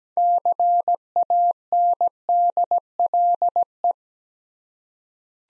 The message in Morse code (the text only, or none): CANDLE